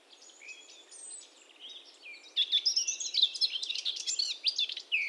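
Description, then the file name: Eurasian blackcap song: soft, thin notes at first, then a loud, rich run of rapid warbling from about two seconds onward. "Sylvia atricapilla"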